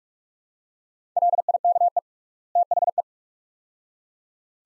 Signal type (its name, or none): Morse code